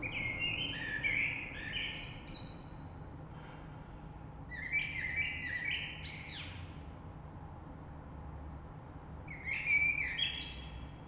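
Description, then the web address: Common blackbird song: three flowing fluted phrases ending in high twitters, a thin high ticking series in between, low rumble throughout. Recorded 3 March 2020. "oiseaux Rush Merle 3-3-2020"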